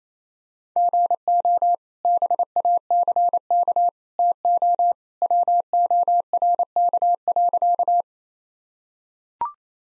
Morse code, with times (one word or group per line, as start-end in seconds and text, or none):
0.8-1.7 GO
2.0-3.9 BACK
4.2-4.9 TO
5.2-8.0 WORK.